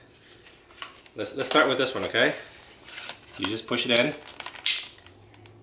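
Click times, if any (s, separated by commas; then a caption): 4.7 s. Someone talks while pushing a plastic accessory head onto the wand of a MooSoo K17 stick vacuum. A sharp, short snap is heard at 4.7 s as the attachment locks into place, confirming it is on.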